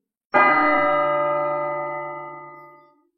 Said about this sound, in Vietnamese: Tiếng chuông cổ chấn động toàn thành